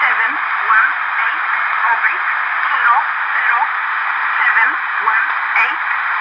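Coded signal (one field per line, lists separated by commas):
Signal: numbers station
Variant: E11 Oblique, English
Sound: faint, roughly evenly spaced spoken words buried under steady shortwave hiss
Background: radio static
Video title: E11 Oblique Poland 15632 kHz 20131219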